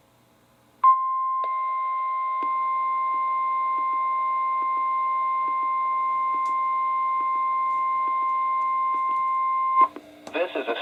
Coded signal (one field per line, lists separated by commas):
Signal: Emergency Alert System (SAME) tones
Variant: 1050 Hz attention tone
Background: speech